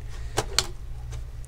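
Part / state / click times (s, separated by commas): power supply unit into desktop computer chassis / seated / 0.6 s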